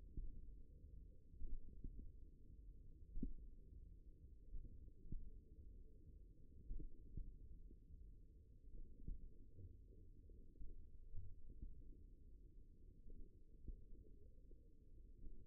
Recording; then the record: forearm muscle sounds (acoustic myography)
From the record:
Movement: finger pinch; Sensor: system 1, eight BSWA MPA416 microphones around the upper forearm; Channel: 4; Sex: male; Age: 54 years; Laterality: right